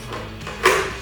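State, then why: Seated. A battery for a Toro cordless electric power shovel is pushed into its charger, which is plugged into a wall outlet. After some quiet low rustling, it snaps into place with a sharp click at 0.7 s, and the battery is seated, with the charging light coming on.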